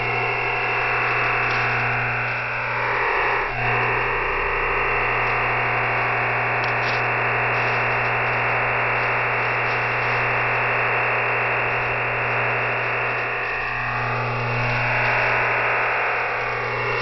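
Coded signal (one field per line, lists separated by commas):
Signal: digital SSTV (DRM)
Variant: EasyDRF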